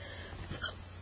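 A single short, abrupt hiccup sounds about halfway through, over a steady low electrical hum, from an adult. A hiccup is a sudden involuntary spasm of the diaphragm, cut off by the abrupt closing of the vocal cords.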